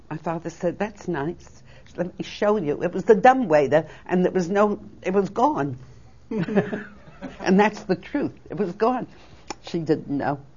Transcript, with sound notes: my father said, "That's nice," "Let me show you," it was the dumbwaiter and it was no, it was gone (they laugh) and that's the truth, it was gone, she didn't know.